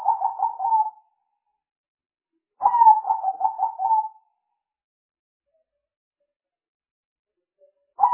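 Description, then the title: Spotted dove repeating its pulsed cooing phrase, one ending, another complete series of about six rhythmic coos, then a pause before the next phrase starts. Spotted dove calls used as a lure for trapping birds. "Pikat Burung Tekukur"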